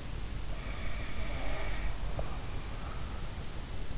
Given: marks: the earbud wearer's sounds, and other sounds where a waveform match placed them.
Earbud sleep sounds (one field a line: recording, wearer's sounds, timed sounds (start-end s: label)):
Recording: sounds in sleep by an in-ear microphone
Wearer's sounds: snoring breath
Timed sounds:
0.59-3.63 s: snoring breath